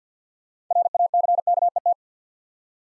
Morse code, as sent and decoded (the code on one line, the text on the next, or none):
.-. .- -.-. -.- . -
RACKET